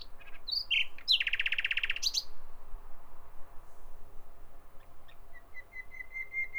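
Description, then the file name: Common nightingale giving a harsh dense rasping buzz after brief whistles, followed by a faint series of repeated notes. "Nachtigall"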